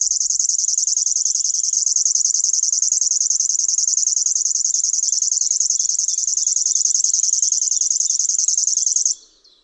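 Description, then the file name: River warbler song: a steady mechanical pulsed buzz, like a sewing machine, running unbroken for about nine seconds, then stopping abruptly, leaving quiet. "STRUMIENIOWKA"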